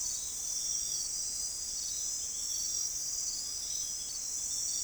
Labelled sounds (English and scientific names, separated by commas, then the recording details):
none
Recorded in forest near Pivijay, Magdalena, Colombia, on 5 June 2023 at 04:00
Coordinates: 10.467, -74.380
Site Z5-G034